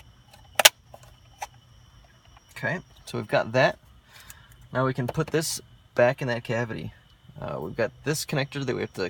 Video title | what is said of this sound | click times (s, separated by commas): Mondeo Cup Holder Installation | This snaps right in place. | 0.6 s, 0.7 s